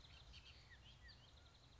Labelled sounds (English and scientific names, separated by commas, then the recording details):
Bullock's Oriole (Icterus bullockii)
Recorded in Sonoma County, California